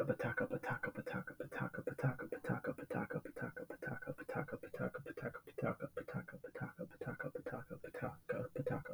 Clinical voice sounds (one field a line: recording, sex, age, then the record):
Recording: repeated syllables /pa ta ka/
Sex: male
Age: 20 to 29 years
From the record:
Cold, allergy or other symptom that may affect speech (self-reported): no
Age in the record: 23 years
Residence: Virginia, United States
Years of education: 16